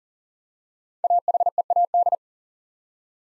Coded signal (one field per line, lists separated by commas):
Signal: Morse code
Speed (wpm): 43 wpm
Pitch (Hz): 700 Hz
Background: none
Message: AHEAD